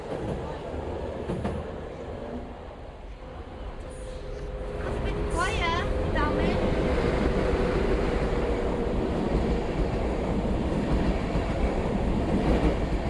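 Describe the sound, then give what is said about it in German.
A train stops at and departs from a platform of a city-centre railway station, its low mechanical roar swelling and then holding steady, with a brief high brake squeal partway through while a voice speaks over the noise. “Züge halten und fahren weiter.”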